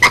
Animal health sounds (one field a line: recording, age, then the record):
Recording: pig call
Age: piglet (1 to 25 days)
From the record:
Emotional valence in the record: positive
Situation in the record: after nursing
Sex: male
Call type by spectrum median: low-frequency call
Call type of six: high-frequency stable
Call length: 0.12 s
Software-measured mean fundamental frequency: 341 Hz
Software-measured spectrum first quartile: 1354 Hz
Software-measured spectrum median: 2009 Hz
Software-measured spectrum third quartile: 2609 Hz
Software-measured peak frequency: 2073 Hz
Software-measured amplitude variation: 148 dB a second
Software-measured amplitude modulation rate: 4.4 a second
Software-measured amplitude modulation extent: 33.9 dB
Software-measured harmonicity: 4.5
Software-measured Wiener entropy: -1.80